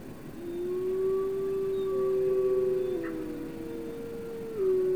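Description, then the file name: Coyote or wolf howls: a low sustained howl joined by a second, higher howl, the two overlapping and wavering against a quiet background hiss. Coyote yip howls heard together with a wolf chorus howling. "Howls Growls - Coyote Yip Howls and Wolf Chorus Howls"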